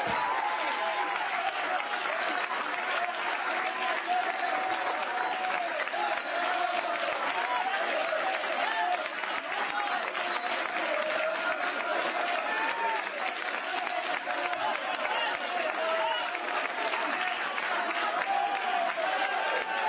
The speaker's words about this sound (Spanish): Hay algunos que no pueden aplaudir, le voy a regalar un minuto para que lo hagan.